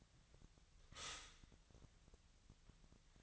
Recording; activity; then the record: daily activity, microphone in the room; stop toaster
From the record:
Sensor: 3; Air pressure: 1001.9 hPa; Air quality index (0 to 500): 246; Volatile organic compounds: 50 ppm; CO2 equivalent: 3293 ppm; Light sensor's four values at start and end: 13/40/17/15 and 13/40/17/15